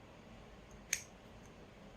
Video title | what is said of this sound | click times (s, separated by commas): how to repair bike LED switch in telugu | so lock అయిపోయింది. | 0.9 s